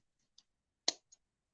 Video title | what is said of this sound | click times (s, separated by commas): Gopro Hero11 Black Mini Unboxing First Impressions | okay you heard it pop open | 0.9 s